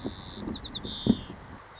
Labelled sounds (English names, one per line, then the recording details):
White-crowned Sparrow
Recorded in Sonoma County, California